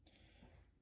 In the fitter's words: The tabs lock into place. The bandsaw is actually locked at that point.